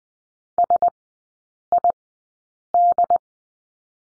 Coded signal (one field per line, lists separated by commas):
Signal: Morse code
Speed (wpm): 19 wpm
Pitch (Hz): 700 Hz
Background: none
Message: SID